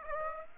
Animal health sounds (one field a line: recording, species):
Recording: mosquito wingbeat signal from an infrared sensor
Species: Aedes aegypti